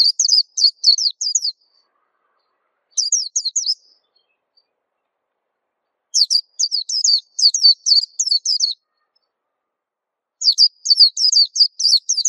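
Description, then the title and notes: White-eye song, high and sweet, in rapid runs of slurred chirping notes, separated by silent pauses. Local name pleci; described as a long, melodious song. "Kicau Burung Pleci ampuh. suara burung pleci merdu panjan"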